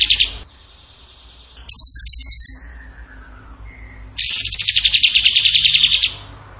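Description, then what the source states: Bird song: high, rapid buzzy trills of fast repeated notes, in bursts of about one to two seconds separated by pauses, with a faint lower whistle between bursts. Masteran training recording of a bird singing in the gacor tembakan style.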